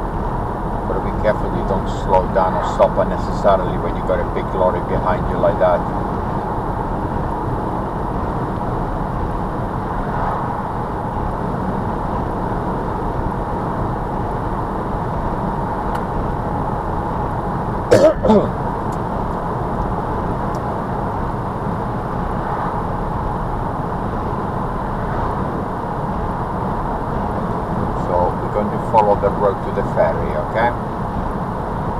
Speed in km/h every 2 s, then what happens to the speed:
71, 72, 74, 76, 77, 77, 76, 77, 77, 79, 81, 81, 79, 79, 79, 79.
0-32 speeds up to 79.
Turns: none.